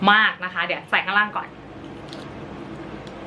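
Someone talks for the first second and a half while a clear plastic orthodontic aligner tray is being fitted onto the lower teeth and pressed toward place. After that comes a quiet stretch with only a faint, brief high tick near 2.1 s. Nothing has seated or clicked yet.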